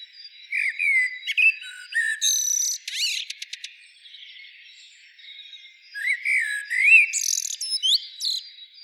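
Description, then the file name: Eurasian blackbird singing: fluty whistles and a fast buzzy rattle, a quiet pause, then another mellow phrase that ends in high squeaky twitters. "Turdus merula"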